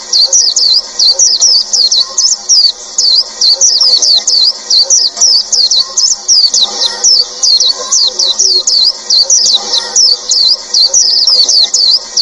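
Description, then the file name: White-eye singing a long, rapid stream of shrill, high-pitched slurred notes, each quick up-and-down twist following the next with barely a pause, over faint background hum. "tieng chim vanh khuyen"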